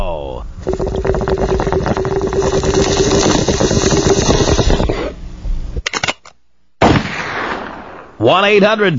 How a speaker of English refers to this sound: Take me out with a bong hit and a gunshot. Here you go.